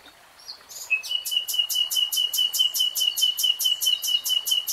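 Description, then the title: Nightingale song: after a couple of soft notes, a steady pure whistle runs beneath a rapid, evenly pulsed rattle of high notes. Nightingale singing in real time. "[Tiếng chim hót] 3 Hours REALTIME Nightingale Singing"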